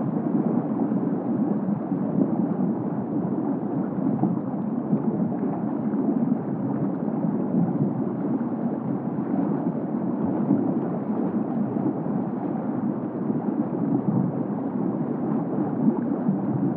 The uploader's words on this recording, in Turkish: Sualtı Senfonisi. Vadi Ses Kütüphanesi’nin beşinci bölümünde suyun altındayız.